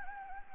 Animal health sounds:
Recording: mosquito wingbeat signal from an infrared sensor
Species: Anopheles gambiae

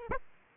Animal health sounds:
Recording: mosquito wingbeat signal from an infrared sensor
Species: Aedes aegypti

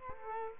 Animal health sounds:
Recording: mosquito wingbeat signal from an infrared sensor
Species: Culex quinquefasciatus

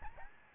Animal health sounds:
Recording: mosquito wingbeat signal from an infrared sensor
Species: Aedes albopictus

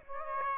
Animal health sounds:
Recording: mosquito wingbeat signal from an infrared sensor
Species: Aedes aegypti

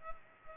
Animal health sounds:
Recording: mosquito wingbeat signal from an infrared sensor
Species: Culex pipiens

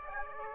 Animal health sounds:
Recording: mosquito wingbeat signal from an infrared sensor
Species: Aedes aegypti

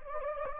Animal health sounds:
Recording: mosquito wingbeat signal from an infrared sensor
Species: Anopheles gambiae

